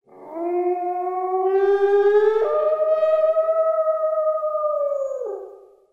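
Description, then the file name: Grey wolf howl: one long, smooth, tonal note rising gently, jumping up midway, holding steady, then dropping off at the end after about five seconds. "Wolf Canis lupus"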